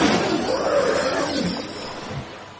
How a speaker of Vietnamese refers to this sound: Một tiếng gầm vang vọng khắp bầu trời, quanh quẩn trên bầu trời hải dương.